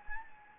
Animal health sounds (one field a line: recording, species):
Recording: mosquito wingbeat signal from an infrared sensor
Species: Anopheles gambiae